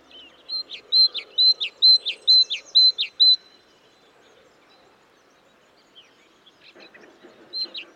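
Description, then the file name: Great tit giving a quick series of high two-note phrases, then falling quiet, with a few soft chirps and rustling afterwards. "Parus major"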